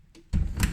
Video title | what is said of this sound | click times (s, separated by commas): How To use Clarke Convection Oven 200 - @MrMacHowto | Keep the door closed. Make sure you hear that latch locking in place. | 0.6 s